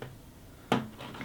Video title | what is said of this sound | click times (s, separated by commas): Large Format Film Photography - 4x5 Film Developing/Processing Methods | it's you want to click it down I usually click it down about three clicks | 0.0 s, 0.7 s, 1.2 s